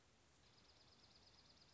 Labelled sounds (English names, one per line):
Dark-eyed Junco